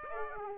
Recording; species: mosquito wingbeat signal from an infrared sensor; Aedes aegypti